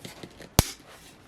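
A plastic wing is bent into its joint on the back of a NECA Goliath action figure from Disney's Gargoyles. A few faint ticks near 0.1, 0.2 and 0.4 s lead to one sharp, loud click at 0.6 s. The wing is seated and now swivels.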